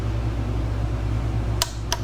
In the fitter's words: And I'm going to, till it clicks,